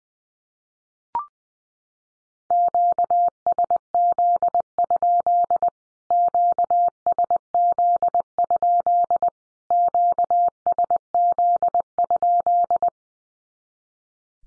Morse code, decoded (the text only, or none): QSZ? QSZ? QSZ?